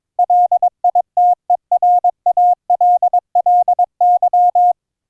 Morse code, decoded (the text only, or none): LITERALLY